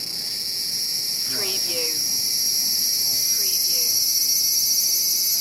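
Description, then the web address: Cicada call, a steady high electric hum with no break throughout, sounding synthetic, with two faint swooping lower sounds near the middle. Long, sci-fi-sounding insect call recorded in a cemetery in Tokyo, Japan. "lynne-publishing insect call circada sci fi sounding long Tokyo Japan cemetary"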